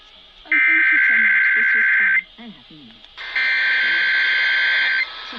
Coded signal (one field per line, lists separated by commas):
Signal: Emergency Alert System (SAME) tones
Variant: header bursts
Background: speech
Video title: CLOSING OUT 2025... EAS Tests from December 2025 (EAS #6,516 - 6,535)